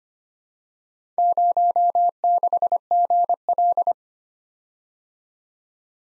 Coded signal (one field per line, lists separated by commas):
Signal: Morse code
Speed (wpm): 26 wpm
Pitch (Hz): 700 Hz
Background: none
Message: 06GL